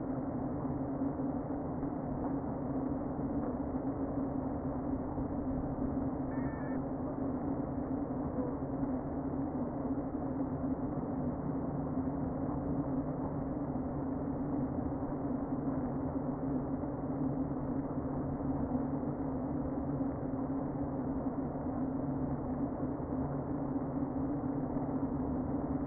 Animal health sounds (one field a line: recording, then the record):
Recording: honeybee colony, microphone inside the hive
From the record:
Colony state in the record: queen present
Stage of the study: before two queens were removed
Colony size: about 60,000 bees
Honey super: yes